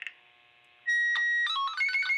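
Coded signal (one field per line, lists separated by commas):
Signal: SSTV (slow-scan television)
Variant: Scottie 1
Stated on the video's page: SSTV images sent through a Baofeng handheld radio as a fun exercise with children.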